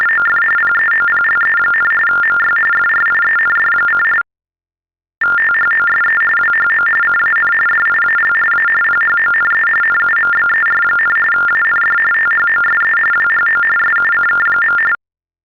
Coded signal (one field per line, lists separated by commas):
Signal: TTY/TDD text telephone tones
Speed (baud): 45.45 baud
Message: OF PEOPLE, MY FRIEND: THOSE WHO CAN DIAL A PHONE NUMBER, AND THOSE WHO SUCK.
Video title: The following tones are for the hearing impaired. US TDD/TTY. Phone sounds.